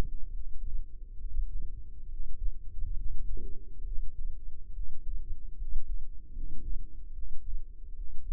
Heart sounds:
heart sounds by microphone in the left ear; 71 bpm
0.32 s: heartbeat
1.19 s: heartbeat
2.07 s: heartbeat
2.94 s: heartbeat
3.84 s: heartbeat
4.72 s: heartbeat
5.55 s: heartbeat
6.31 s: heartbeat
7.12 s: heartbeat
7.94 s: heartbeat
From the record:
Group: healthy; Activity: rest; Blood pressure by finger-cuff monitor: 108/74 mmHg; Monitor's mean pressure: 82 mmHg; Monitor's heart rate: 69 bpm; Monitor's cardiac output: 5.4 L/min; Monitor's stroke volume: 75 mL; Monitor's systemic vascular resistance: 1120 dyn s/cm5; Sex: male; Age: 21 years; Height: 170 cm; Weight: 71 kg

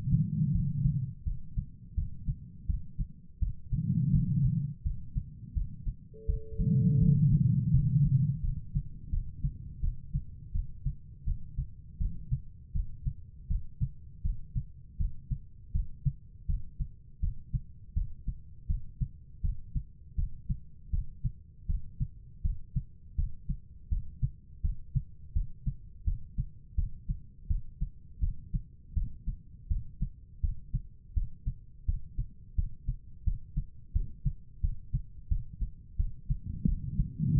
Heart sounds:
heart sounds by stethoscope; 83 bpm
0.52 s: heartbeat
1.24 s: heartbeat
1.95 s: heartbeat
2.67 s: heartbeat
3.40 s: heartbeat
4.12 s: heartbeat
4.83 s: heartbeat
5.54 s: heartbeat
6.26 s: heartbeat
7.00 s: heartbeat
7.72 s: heartbeat
8.42 s: heartbeat
9.10 s: heartbeat
9.81 s: heartbeat
10.52 s: heartbeat
11.25 s: heartbeat
11.98 s: heartbeat
12.73 s: heartbeat
13.48 s: heartbeat
14.23 s: heartbeat
14.98 s: heartbeat
15.72 s: heartbeat
16.47 s: heartbeat
17.21 s: heartbeat
17.94 s: heartbeat
18.67 s: heartbeat
19.42 s: heartbeat
20.16 s: heartbeat
20.91 s: heartbeat
21.67 s: heartbeat
22.42 s: heartbeat
23.16 s: heartbeat
23.89 s: heartbeat
24.62 s: heartbeat
25.34 s: heartbeat
26.05 s: heartbeat
26.76 s: heartbeat
27.48 s: heartbeat
28.21 s: heartbeat
28.94 s: heartbeat
29.68 s: heartbeat
30.41 s: heartbeat
31.14 s: heartbeat
31.86 s: heartbeat
32.56 s: heartbeat
33.24 s: heartbeat
33.93 s: heartbeat
34.61 s: heartbeat
35.29 s: heartbeat
35.97 s: heartbeat
36.66 s: heartbeat
37.34 s: heartbeat
From the record:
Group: healthy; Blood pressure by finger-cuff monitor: 111/79 mmHg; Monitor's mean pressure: 92 mmHg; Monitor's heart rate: 82 bpm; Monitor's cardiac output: 4.7 L/min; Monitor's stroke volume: 58 mL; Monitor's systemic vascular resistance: 1420 dyn s/cm5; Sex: female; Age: 51 years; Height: 162 cm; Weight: 70.04 kg

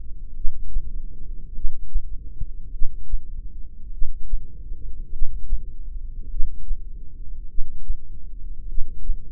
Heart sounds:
heart sounds by microphone in the left ear; 50 bpm
0.36 s: heartbeat
1.55 s: heartbeat
2.73 s: heartbeat
3.93 s: heartbeat
5.13 s: heartbeat
6.31 s: heartbeat
7.50 s: heartbeat
8.69 s: heartbeat
From the record:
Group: heart failure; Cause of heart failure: cardiac sarcoid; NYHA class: 1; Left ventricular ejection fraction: 39%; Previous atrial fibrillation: present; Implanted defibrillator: present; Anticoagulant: apixaban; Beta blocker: carvedilol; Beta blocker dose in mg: 50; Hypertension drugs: ramipril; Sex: male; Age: 79 years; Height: 184 cm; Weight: 92.5 kg

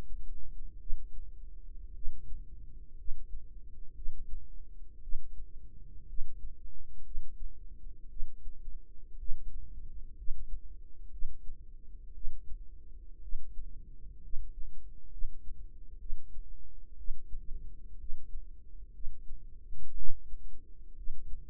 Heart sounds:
heart sounds by microphone in the right ear; 60 bpm
0.78 s: heartbeat
1.93 s: heartbeat
2.95 s: heartbeat
3.93 s: heartbeat
5.00 s: heartbeat
6.06 s: heartbeat
7.02 s: heartbeat
8.08 s: heartbeat
9.17 s: heartbeat
10.15 s: heartbeat
11.09 s: heartbeat
12.12 s: heartbeat
13.20 s: heartbeat
14.20 s: heartbeat
15.09 s: heartbeat
15.97 s: heartbeat
16.96 s: heartbeat
17.97 s: heartbeat
18.91 s: heartbeat
19.94 s: heartbeat
20.94 s: heartbeat
From the record:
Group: healthy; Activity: rest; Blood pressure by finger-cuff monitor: 97/60 mmHg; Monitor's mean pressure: 69 mmHg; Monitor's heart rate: 59 bpm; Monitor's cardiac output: 4.8 L/min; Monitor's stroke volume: 82 mL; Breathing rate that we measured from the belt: 16 breaths a minute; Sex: female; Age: 36 years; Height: 163 cm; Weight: 88 kg

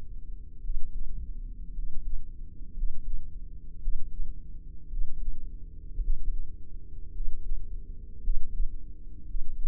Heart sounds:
heart sounds by microphone in the right ear; 56 bpm
0.58 s: heartbeat
1.70 s: heartbeat
2.70 s: heartbeat
3.76 s: heartbeat
4.85 s: heartbeat
5.96 s: heartbeat
7.09 s: heartbeat
8.17 s: heartbeat
9.22 s: heartbeat
From the record:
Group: healthy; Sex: male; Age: 23 years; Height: 178 cm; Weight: 96.6 kg

